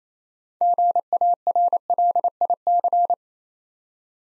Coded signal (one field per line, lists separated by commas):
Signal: Morse code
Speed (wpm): 29 wpm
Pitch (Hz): 700 Hz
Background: none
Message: GARLIC